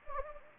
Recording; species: mosquito wingbeat signal from an infrared sensor; Anopheles gambiae